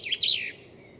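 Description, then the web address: Bird calls: a quick high chirp, then a brief descending squeaky phrase, finished within about half a second. "Deverinetal. Bird Only"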